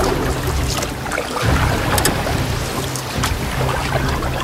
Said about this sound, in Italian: Presto, rema verso la riva! Forza!